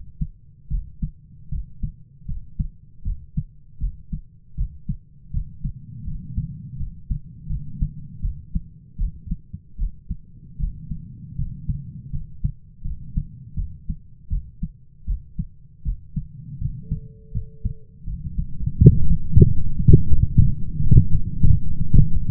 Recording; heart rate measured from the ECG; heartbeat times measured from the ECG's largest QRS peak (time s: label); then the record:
heart sounds by stethoscope; 81 bpm
0.69 s: heartbeat
1.50 s: heartbeat
2.26 s: heartbeat
3.03 s: heartbeat
3.79 s: heartbeat
4.56 s: heartbeat
5.32 s: heartbeat
6.05 s: heartbeat
6.77 s: heartbeat
7.48 s: heartbeat
8.21 s: heartbeat
8.97 s: heartbeat
9.77 s: heartbeat
10.58 s: heartbeat
11.36 s: heartbeat
12.11 s: heartbeat
12.83 s: heartbeat
13.55 s: heartbeat
14.29 s: heartbeat
15.05 s: heartbeat
15.83 s: heartbeat
16.59 s: heartbeat
17.32 s: heartbeat
18.05 s: heartbeat
18.77 s: heartbeat
19.46 s: heartbeat
20.13 s: heartbeat
20.82 s: heartbeat
21.48 s: heartbeat
22.15 s: heartbeat
From the record:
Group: healthy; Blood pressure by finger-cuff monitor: 115/67 mmHg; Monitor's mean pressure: 85 mmHg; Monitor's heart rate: 80 bpm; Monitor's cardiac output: 7.9 L/min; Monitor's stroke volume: 100 mL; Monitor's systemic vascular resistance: 780 dyn s/cm5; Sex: male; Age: 33 years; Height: 179 cm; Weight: 80.4 kg